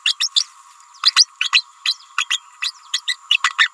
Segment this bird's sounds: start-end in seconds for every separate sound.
0.05-0.16, 0.19-0.28, 0.36-0.46, 1.15-1.27, 1.40-1.50, 1.52-1.62, 1.85-1.95, 2.17-2.26, 2.29-2.43, 2.62-2.72, 2.92-3.01, 3.07-3.16, 3.30-3.38, 3.44-3.54, 3.58-3.69